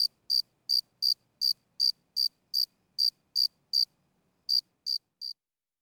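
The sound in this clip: Cricket chirping: regular shrill pulses, then a short gap before three more chirps, the last one softer.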